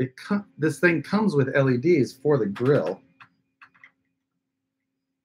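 Someone talks while handling a grill LED for the plastic body of a WPL-C14 RC truck kit, followed by a few faint short ticks near 3.6 and 3.8 seconds. The LED has not seated or clicked into the body yet.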